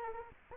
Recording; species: mosquito wingbeat signal from an infrared sensor; Anopheles arabiensis